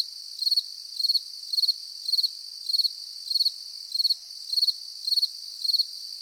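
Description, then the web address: Grasshopper chirps, each a tight cluster of high clicks, about ten in six seconds, against a steady high-pitched insect hum. Summer morning in nature, with insects buzzing and grasshoppers chirping. "latna sutrin sred prirodata zuzene na nasekomi curulikane na skakalci"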